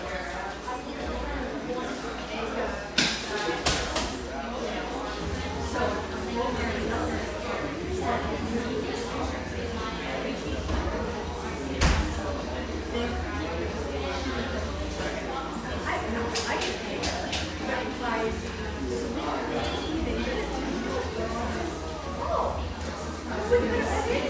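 A neighborhood espresso shop in Portland, Oregon, with steady overlapping chatter over a constant low hum. Sharp clinks and clatters of cups or dishes break through now and then, notably around 3–4, 12, and 17 seconds, and again near the end.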